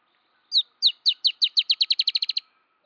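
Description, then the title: Dusky-tailed antbird song: a fast series of about thirteen high, downslurred notes that speed up and crowd together toward the end, with a faint steady hum beneath. "LuckyPassaro Completos2Sama. Dusky-tailed Antbird (Drymophila malura)"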